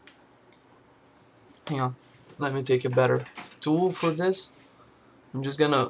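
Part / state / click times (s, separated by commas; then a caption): base plate onto airsoft rifle magazine / not seated / none. A base plate is pushed onto the magazine of a WE SCAR H GBBR airsoft rifle and will not go in; only a few faint ticks are heard near 0.1, 0.5 and 1.6 seconds, with no snap. Someone talks as a better tool is fetched, and nothing has seated or clicked yet.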